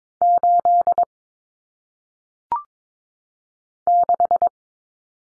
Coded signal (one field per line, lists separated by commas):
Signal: Morse code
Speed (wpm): 22 wpm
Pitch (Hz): 700 Hz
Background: none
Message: 8 6